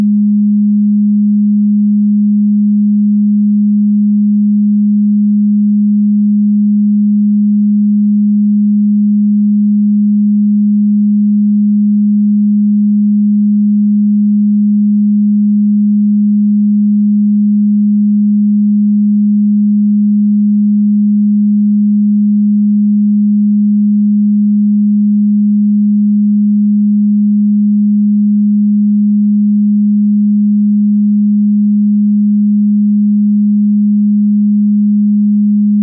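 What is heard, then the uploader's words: A pure 207.36 Hz tone holds perfectly steady and unchanging for the whole clip, a single low hum with nothing else around it. PURE 207.36 HZ 100% MOST POWERFUL Uranus Frequency. It oscillates in the 39th octave with 207.36 Hz, which is the tone G#.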